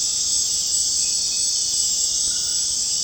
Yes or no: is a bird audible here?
no